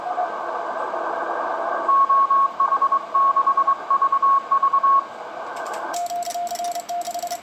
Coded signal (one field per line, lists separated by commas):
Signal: Morse code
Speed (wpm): 23 wpm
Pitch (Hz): 1100 Hz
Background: radio noise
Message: OH6VV